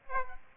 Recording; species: mosquito wingbeat signal from an infrared sensor; Aedes aegypti